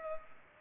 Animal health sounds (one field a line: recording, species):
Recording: mosquito wingbeat signal from an infrared sensor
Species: Culex pipiens